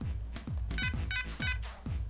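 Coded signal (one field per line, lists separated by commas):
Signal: none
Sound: game music beeps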